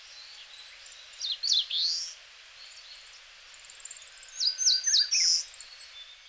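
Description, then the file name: Eastern crowned warbler calls: high, thin chirps and quick downslurred notes, with bursts of rapid repeated chips around the middle. Recorded in Hyogo. "sendaimushikui 0905 hyogo kaji"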